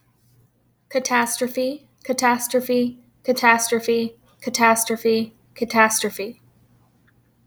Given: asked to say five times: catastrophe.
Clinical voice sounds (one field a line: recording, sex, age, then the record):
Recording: repeated word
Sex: female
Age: 30 to 39 years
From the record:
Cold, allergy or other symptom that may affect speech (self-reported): no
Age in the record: 36 years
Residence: South Carolina, United States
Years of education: 16